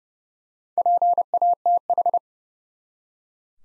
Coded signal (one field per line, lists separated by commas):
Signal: Morse code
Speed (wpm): 30 wpm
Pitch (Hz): 700 Hz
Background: none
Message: PATH